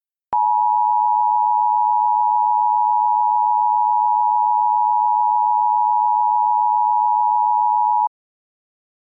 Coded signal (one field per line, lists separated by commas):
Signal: Emergency Alert System (SAME) tones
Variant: 853 and 960 Hz attention tone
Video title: EAS in Games - Legend of the Red Dragon